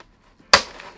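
One side of the TV bracket's metal bar on a Samsung QN95B is pulled down first and drops into the slot of a Samsung Slim Fit Wall Mount. After near silence, a single loud, sharp metallic hit lands at 0.5 s and rings away over the next half second. That side is seated in the mount.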